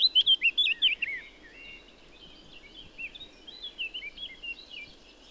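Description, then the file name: Eurasian blackcap song: a burst of loud, rich whistled notes in the first second, followed by a quieter, rambling, scratchy warble that continues to the end. "Sylvia atricapilla"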